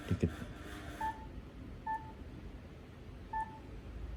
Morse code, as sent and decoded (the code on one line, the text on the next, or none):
none